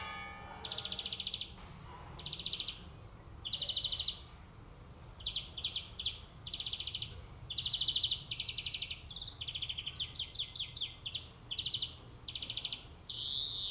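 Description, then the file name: European greenfinch calling with a long run of rapid, buzzy trilled phrases, each short, coming one after another with brief gaps. "Chloris chloris"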